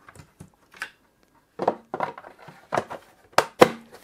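The plastic top cover is pushed back onto a QNAP TS-233 two-bay NAS enclosure after the drive sleds are reinstalled. A few soft handling knocks and rubs lead to two sharp, loud plastic snaps at 3.4 s and 3.6 s as the cover seats home.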